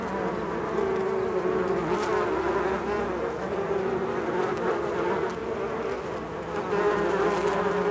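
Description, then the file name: Bees forming a constant droning hum, slightly wavering, strengthening again near the end, with a few faint clicks. "benboncan bees"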